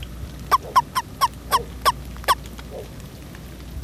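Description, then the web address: Frog calling with a quick run of seven short, nasal croaks, about three each second, then falling silent over a steady low hum. "Frogs World"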